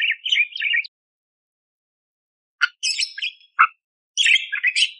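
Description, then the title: Budgerigar chattering in three bursts of scratchy, squeaky notes separated by a silent stretch. Training (masteran) song for songbirds, described as clear and vigorous (gacor) with rough 'tembakan' shot phrases, suited for training oriental magpie-robins (kacer). "Masteran Burung Parkit Gacor Jernih Full Isian Tembakan Kasar Cocok Buat Kacer"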